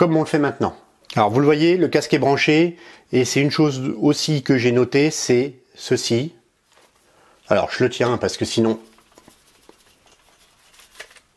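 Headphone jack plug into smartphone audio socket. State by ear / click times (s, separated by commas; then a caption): not seated / none. Someone talks while holding a headphone's 3.5 mm jack plug in the audio socket of a Bluboo Maya Max smartphone, then pulls on it to show it comes loose very easily. After the talking stops, only faint, quiet handling sounds follow, with small ticks near 9.7 s and 11.0 s. The plug does not seat with a click; nothing has clicked into place.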